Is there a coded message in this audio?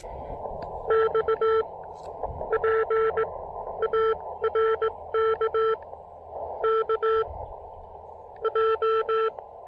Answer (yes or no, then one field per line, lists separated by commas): yes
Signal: Morse code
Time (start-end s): 0.9-9.3 s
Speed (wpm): 18 wpm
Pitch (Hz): 440 Hz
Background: none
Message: X PARK KJ